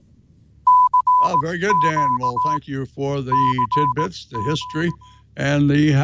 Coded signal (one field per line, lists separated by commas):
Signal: Morse code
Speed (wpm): 18 wpm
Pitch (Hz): 1000 Hz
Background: speech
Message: CQ CT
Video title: Ham Nation 302: Special Event Station